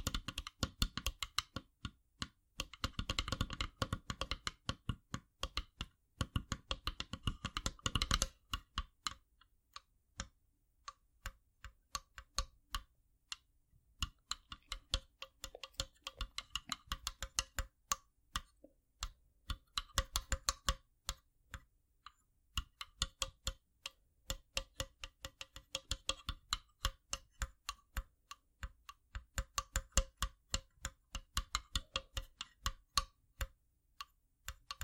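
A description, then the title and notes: Wooden ASMR triggers make quick, crisp clicks and taps, a dense rattling burst for the first eight seconds, then sparser, irregular tapping. ASMR Wooden Triggers 1hour（No Talking）.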